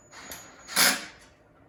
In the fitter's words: see once you hear that that clicking sound you know it's torqued in